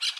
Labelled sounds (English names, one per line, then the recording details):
Brown-throated Parakeet contact call
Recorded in Bonaire